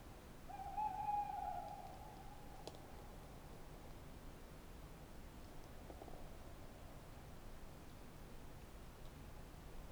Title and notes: 314 Rte des Galets, 24005 Alles-sur-Dordogne, France - Chouette de Limeuil. Magnifique chouette hulotte en bord de Dordogne dans l'acoustique boisé de cette belle nuit étoilée!